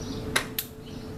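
A spark plug wire boot is pushed down with the thumb onto the rear cylinder spark plug terminal on a Harley Softail Deluxe motorcycle. A sharp click is heard at 0.4 s as the boot snaps on and seats, followed by a second short click at 0.6 s over a low steady hum.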